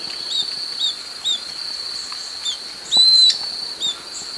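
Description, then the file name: Bird call: a single loud, flat whistle with quieter short chirps repeated before and after, set against a continuous shrill hum. "SABIOD 50 bird 2015"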